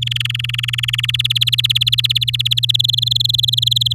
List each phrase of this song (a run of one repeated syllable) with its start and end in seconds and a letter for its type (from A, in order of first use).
0.02-1.06 A, 1.08-2.71 B, 2.74-3.93 C